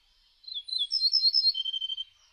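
Ortolan bunting sings a bright phrase of high notes and then several lower, evenly repeated notes, heard against a quiet background.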